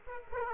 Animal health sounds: mosquito wingbeat signal from an infrared sensor; Aedes aegypti

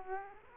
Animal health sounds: mosquito wingbeat signal from an infrared sensor; Aedes aegypti

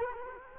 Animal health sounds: mosquito wingbeat signal from an infrared sensor; Culex quinquefasciatus

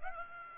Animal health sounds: mosquito wingbeat signal from an infrared sensor; Aedes aegypti

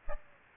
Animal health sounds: mosquito wingbeat signal from an infrared sensor; Aedes aegypti

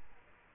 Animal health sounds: mosquito wingbeat signal from an infrared sensor; Aedes aegypti

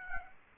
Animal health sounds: mosquito wingbeat signal from an infrared sensor; Aedes aegypti

